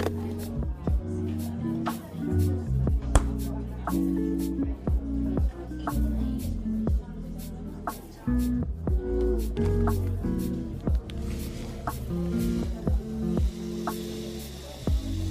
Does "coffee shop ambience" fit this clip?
yes